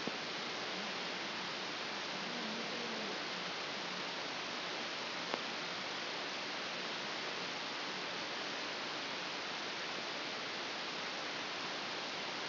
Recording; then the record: brain microelectrode recording played as sound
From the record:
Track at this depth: inside the subthalamic nucleus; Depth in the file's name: 3.327 mm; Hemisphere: left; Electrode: 2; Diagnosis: Parkinson's disease